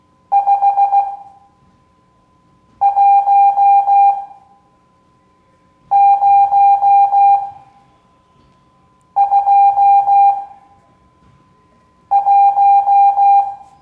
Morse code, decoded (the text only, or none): 51021